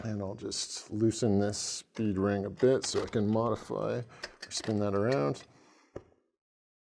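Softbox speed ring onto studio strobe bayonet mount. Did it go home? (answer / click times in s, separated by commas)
no / none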